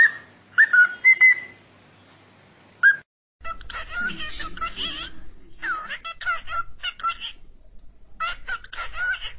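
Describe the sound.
Cockatiel whistled calls: a few clear, bending notes, a pause, then a busier run of chirps and whistles.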